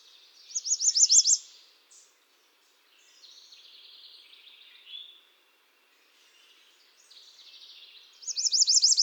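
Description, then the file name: American redstart singing a high, thin series of quick repeated notes that opens and closes the stretch, with softer twittering between. "Setophaga ruticilla"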